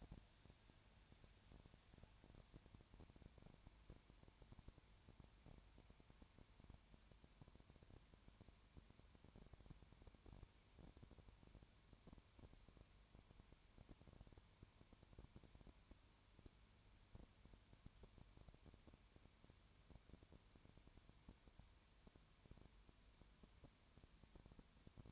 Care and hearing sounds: daily activity, microphone in the room; no activity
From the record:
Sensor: 2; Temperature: 20.3 degrees Celsius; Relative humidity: 33.8%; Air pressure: 1003.2 hPa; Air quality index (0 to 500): 82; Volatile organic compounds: 1 ppm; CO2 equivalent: 781 ppm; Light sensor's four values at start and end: 2/3/2/2 and 2/3/2/2

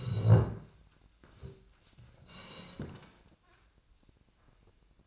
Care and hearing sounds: daily activity, microphone in the room; sit down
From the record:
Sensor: 2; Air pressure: 1012.1 hPa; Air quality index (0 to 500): 162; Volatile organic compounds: 2 ppm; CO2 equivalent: 1185 ppm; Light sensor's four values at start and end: 44/105/47/54 and 81/179/84/98

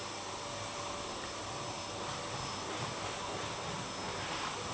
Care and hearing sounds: daily activity, microphone in the room; vacuum cleaning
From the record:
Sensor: 1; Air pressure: 1011.9 hPa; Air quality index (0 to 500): 239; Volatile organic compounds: 6 ppm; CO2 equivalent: 1899 ppm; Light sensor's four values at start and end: 9/22/9/10 and 9/22/9/10

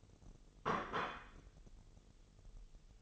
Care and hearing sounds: daily activity, microphone in the room; place plate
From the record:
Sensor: 4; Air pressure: 989.4 hPa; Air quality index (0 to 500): 212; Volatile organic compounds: 61 ppm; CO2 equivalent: 3426 ppm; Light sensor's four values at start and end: 26/91/33/35 and 26/91/33/35

